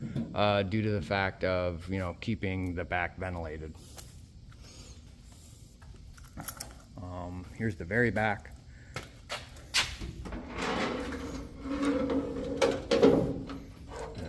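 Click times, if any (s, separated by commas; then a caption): none. In the back of a VW bus, someone talks while handling the rearmost panel or section, a rear folding section with a latch in the van interior. Short knocks and rattles sound around 6.2–7.0 s, again at 9.0 s, and louder around 12.6–12.9 s. The panel has not yet latched into place, and nothing has seated or clicked by the end of the clip.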